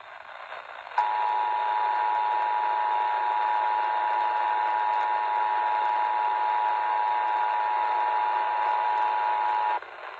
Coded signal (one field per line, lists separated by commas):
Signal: Emergency Alert System (SAME) tones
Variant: 853 and 960 Hz attention tone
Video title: (EAS #398) WQDR-FM Amber Alert